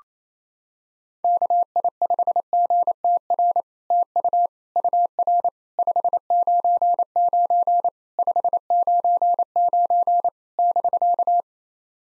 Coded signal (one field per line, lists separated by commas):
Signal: Morse code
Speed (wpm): 28 wpm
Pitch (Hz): 700 Hz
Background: none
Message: KI5GTR TU UR 599 599 <BK>